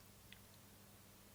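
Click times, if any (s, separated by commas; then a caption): 0.3 s. The assembled plastic wing of an Airfix Spitfire Mk.Ia model kit is pressed onto the plastic fuselage, with the wings bent slightly downward so the fuselage snaps into place. One short, sharp snap sounds at 0.3 s over a faint steady low hum. The wing assembly is seated on the fuselage.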